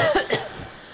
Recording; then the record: coughing mixed with background sound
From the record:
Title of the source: Coughing Woman Sound - Woman Cough Sound Effect